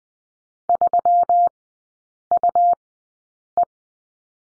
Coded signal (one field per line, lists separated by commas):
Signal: Morse code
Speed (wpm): 20 wpm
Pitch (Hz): 700 Hz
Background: none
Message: 3UE